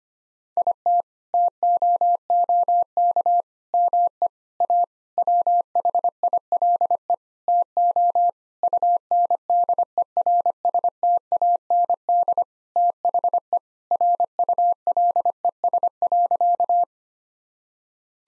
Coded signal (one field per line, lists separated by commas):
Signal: Morse code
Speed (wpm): 25 wpm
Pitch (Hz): 700 Hz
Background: none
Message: IT TOOK ME A WHILE TO UNDERSTAND THE RULES.